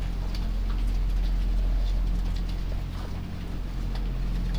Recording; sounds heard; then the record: poultry house recording; sick chickens (respiratory disease)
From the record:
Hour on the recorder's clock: 3